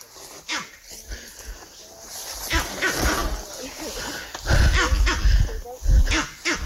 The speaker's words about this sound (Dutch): All right, Furry is here. He's climbing up towards the tree where the monkey is barking.